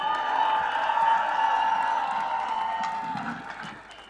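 An audience applauds with steady, dense clapping mixed with crowd cheering, holding strong for a few seconds before gradually fading toward the end.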